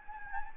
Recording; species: mosquito wingbeat signal from an infrared sensor; Anopheles gambiae